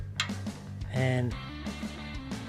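A cam block is clipped onto the arm of a manual screen printing press and locks into place, giving a sharp click at 0.2 s. Someone talks, with music playing underneath.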